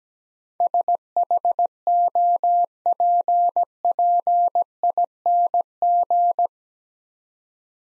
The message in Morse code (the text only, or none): SHOPPING